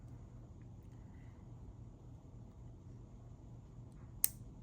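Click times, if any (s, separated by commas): 4.2 s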